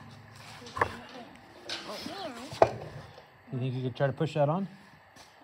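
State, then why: Not seated. A metal dust cap is being handled at a trailer wheel hub after the wheel bearings have been adjusted and greased, with someone talking throughout. Sharp knocks at 0.8 s and 2.6 s stand out over the voices. Nothing has seated or clicked yet.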